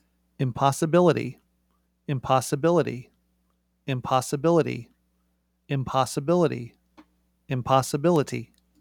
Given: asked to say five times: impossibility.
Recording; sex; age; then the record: repeated word; male; 50 to 59 years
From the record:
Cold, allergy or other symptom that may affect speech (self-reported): no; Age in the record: 50 years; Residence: Oregon, United States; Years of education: 15